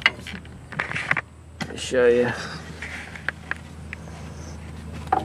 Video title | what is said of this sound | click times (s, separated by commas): How to Remove A Strut | it should okay this just snaps out | 0.1 s